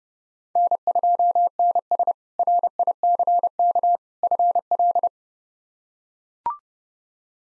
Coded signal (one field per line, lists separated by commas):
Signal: Morse code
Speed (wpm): 30 wpm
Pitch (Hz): 700 Hz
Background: none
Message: N2NS RICK FL